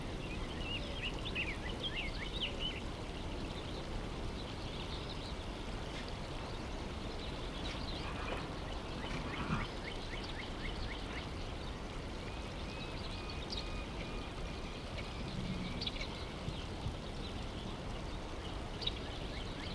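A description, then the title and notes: An ambient mix of daytime sounds, set in 19th-century California, built on a dense, steady low rumble that never lets up. Bird chirps and short trills come and go through it, with quick rapid runs around eight and nine seconds and scattered calls later. An ambient mix of daytime sounds from 19th century California.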